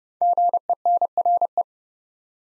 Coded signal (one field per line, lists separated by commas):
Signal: Morse code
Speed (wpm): 30 wpm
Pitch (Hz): 700 Hz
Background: none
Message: GENRE